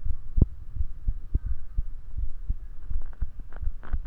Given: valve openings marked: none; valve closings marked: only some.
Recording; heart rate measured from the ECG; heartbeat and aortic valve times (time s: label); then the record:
heart sounds by stethoscope; 84 bpm
0.08 s: heartbeat (ECG mark)
0.79 s: heartbeat (ECG mark)
1.49 s: heartbeat (ECG mark)
2.20 s: heartbeat (ECG mark)
2.52 s: aortic valve closes (echo mark)
2.93 s: heartbeat (ECG mark)
3.23 s: aortic valve closes (echo mark)
3.65 s: heartbeat (ECG mark)
3.94 s: aortic valve closes (echo mark)
From the record:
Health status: healthy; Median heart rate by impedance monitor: 82 bpm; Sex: male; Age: 20 years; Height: 181 cm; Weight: 68 kg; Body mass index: 20.76